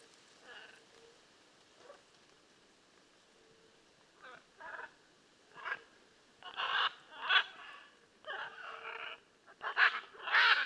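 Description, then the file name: Blue-and-yellow macaw calling, starting with soft, sparse squawks that build into loud, raucous, grating screeches in quick irregular succession. "Blue and yellow Macaw Ara ararauna"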